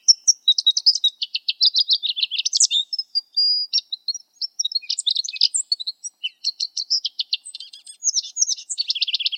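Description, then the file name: Lesser goldfinch song, a rapid, jumbled stream of high twittering notes, buzzy trills and thin whistles, running almost without pause. "suara lesser goldfinch omkicau"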